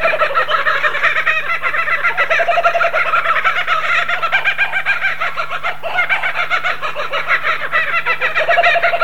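Kookaburra laughing, a dense run of harsh, rapidly repeated cackling notes, with a steady low hum underneath.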